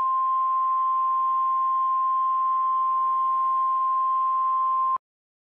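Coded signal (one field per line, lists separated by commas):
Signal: Emergency Alert System (SAME) tones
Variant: 1050 Hz attention tone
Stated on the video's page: Mock EAS alert, simulated scenario.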